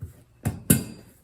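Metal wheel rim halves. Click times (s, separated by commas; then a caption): 0.7 s. A lubricated split aluminum rim half for a Zenith CH 750 CruZer build is pressed down onto its mating rim half, with the o-ring seal and tubeless tire in place. A softer knock at 0.5 s is followed by a sharp, louder pop at 0.7 s as the rim half drops home over the o-ring. The rim half is confirmed seated.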